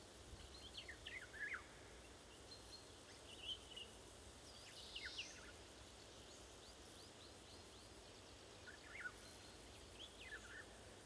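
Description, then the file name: Eurasian golden oriole calls: scattered short downslurred notes and one harsh, broad screech near the middle, set against steady hiss. More than one oriole, calling to one another. "golden orioles talk"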